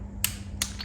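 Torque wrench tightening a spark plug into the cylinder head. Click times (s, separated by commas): 0.2 s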